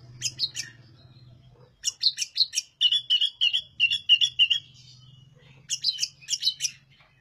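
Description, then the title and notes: Oriental magpie-robin singing harsh chattering bursts and a run of quick repeated whistled notes, with a low humming drone underneath at times. Tutor song recording for training other birds; described as singing loudly and energetically. "Suara Burung Kacer masteran. burung kacer gacor hebat"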